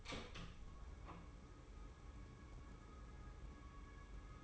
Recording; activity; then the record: daily activity, microphone in the room; open door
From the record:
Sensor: 1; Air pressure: 1015.2 hPa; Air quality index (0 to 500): 138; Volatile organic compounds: 6 ppm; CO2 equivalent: 1892 ppm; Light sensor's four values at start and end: 14/33/14/15 and 14/33/14/15